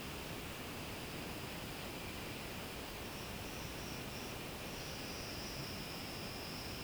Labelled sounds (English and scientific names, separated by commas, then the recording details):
none
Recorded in secondary vegetation near Puerto Asís, Putumayo, Colombia, on 18 February 2024 at 11:00
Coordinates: 0.472, -76.331
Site G6371